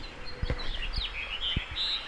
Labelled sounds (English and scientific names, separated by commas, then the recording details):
House Finch (Haemorhous mexicanus) song
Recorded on Long Island, New York, on 29 May 2011
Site HU
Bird A